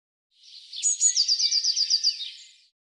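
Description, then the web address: Eurasian blue tit uttering a single phrase: two high sharp notes, then a fast, evenly spaced trill of around eight notes, fading out. "Deverinetal"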